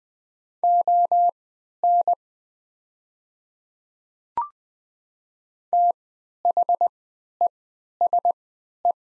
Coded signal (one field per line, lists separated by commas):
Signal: Morse code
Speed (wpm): 20 wpm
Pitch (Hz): 700 Hz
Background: none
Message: ON THESE